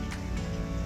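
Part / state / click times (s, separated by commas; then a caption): rekey tool into door lock cylinder slot / not seated / none. With the key fully inserted and turned in a Kwikset door lock cylinder, a metal rekey tool is pushed into the small slot on the cylinder while music plays throughout. A brief sharp sound rises at about 0.1 s, but nothing has clicked or seated yet.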